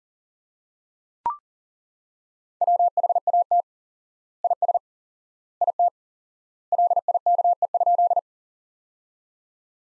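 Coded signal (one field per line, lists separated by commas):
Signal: Morse code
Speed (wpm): 40 wpm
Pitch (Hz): 700 Hz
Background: none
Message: WHAT IS IT LIKE?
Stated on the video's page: Morse practice sentences from the top 100 words at 40 wpm with 4x word spacing, a word-based approach analogous to Farnsworth.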